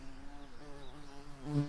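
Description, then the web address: Garden bumblebee giving a low, steady droning buzz with even harmonics, briefly swelling louder near the end. Queens. "Hortorum queens"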